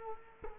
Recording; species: mosquito wingbeat signal from an infrared sensor; Culex quinquefasciatus